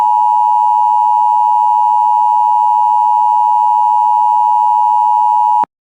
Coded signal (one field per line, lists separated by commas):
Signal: Emergency Alert System (SAME) tones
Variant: 853 and 960 Hz attention tone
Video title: EAS #239 Tornado Warning On WJON-IP